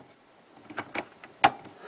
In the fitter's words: once I get in I hold it I can hear it snap in then